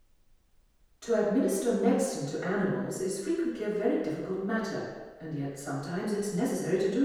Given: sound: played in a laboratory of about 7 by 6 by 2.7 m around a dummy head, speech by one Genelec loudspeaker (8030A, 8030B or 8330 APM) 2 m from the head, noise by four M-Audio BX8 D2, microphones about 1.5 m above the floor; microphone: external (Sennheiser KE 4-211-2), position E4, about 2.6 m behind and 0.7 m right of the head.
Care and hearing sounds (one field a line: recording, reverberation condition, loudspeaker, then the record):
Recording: female speech in English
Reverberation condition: high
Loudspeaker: 60 degrees to the left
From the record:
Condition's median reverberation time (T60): about 1300 ms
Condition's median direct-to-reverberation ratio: about -4.0 dB